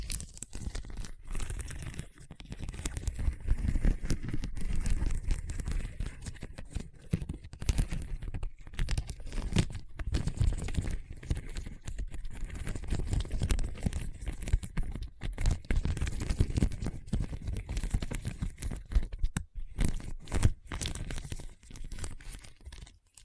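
Hard, bumpy surface scratched continuously, a dense rough rasping with heavy low rumble, crackly tearing texture and brief pauses throughout.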